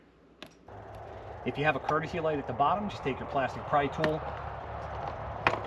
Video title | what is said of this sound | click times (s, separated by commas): Boost Auto Tow Mirrors 2022+ Toyota Tundra | there's a small circle in the middle of it all you're going to do is push on that small circle you'll hear a pop | 0.4 s